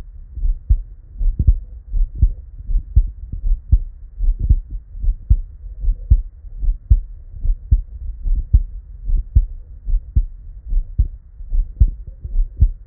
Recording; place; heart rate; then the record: heart sounds by stethoscope; Erb's point; 76 bpm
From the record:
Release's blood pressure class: normal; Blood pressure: 117/63 mmHg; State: at rest